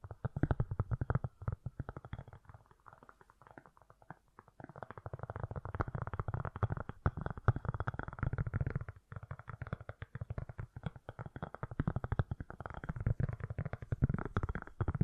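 Fast, gentle tapping runs in dense, irregular bursts throughout, soft and low, with brief pauses near two, four and ten seconds.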